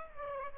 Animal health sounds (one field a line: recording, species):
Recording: mosquito wingbeat signal from an infrared sensor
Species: Aedes aegypti